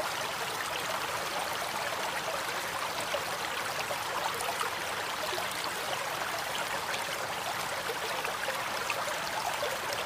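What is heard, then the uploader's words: A mountain stream runs steadily, its water a dense, hissing rush with countless tiny splashes and bubbles crowding the mid and upper range. The flow holds an even level for the whole stretch, with little low rumble beneath. Mountain Stream Water Sounds White Noise.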